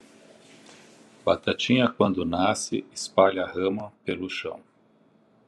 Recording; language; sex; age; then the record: short text; Brazilian Portuguese; male; 60 to 69 years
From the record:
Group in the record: control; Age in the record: 61 years